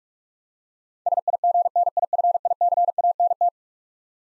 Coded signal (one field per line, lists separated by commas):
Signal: Morse code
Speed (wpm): 46 wpm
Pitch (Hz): 700 Hz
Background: none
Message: SIGNIFICANT